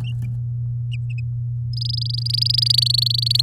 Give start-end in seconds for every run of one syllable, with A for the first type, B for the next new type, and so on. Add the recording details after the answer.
1.73-3.41 A. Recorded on 7 May 2018 at 11:05. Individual llb16